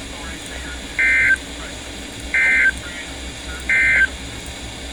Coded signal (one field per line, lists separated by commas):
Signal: Emergency Alert System (SAME) tones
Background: speech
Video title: Here we go Again! (EAS#380-382)